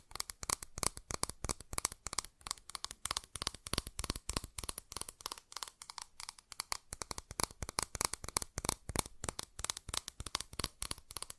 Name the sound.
ASMR Fast Tapping